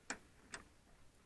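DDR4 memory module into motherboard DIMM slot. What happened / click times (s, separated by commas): The memory module clicked into its slot / 0.1 s, 0.5 s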